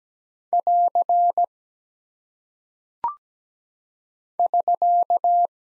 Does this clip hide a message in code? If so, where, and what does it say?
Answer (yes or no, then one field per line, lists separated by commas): yes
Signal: Morse code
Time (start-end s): 0.5-5.5 s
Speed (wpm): 17 wpm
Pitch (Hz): 700 Hz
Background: none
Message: <AR> <SK>